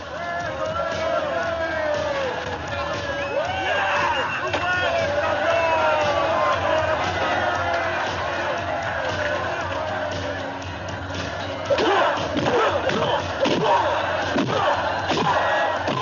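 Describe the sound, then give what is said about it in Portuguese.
A crowd yells and cheers loudly throughout, and in the last few seconds sharp thudding blows land repeatedly, each met by a burst of shouting that rises and falls with the hits. “Legal que o grito da galera tá coreografado com as porradas lá.”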